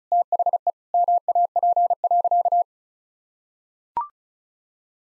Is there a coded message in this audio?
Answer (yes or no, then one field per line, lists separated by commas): yes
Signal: Morse code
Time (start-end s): 0.1-2.6 s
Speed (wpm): 36 wpm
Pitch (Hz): 700 Hz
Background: none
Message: THE MAP.